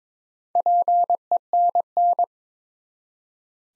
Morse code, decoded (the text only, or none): PENN